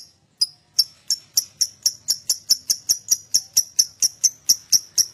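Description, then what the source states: Lovebird song: a steady, evenly spaced series of short, sharp, high clicking chirps, with little else heard. Adult lovebird, described as gacor (singing constantly) with an owor-owor song style.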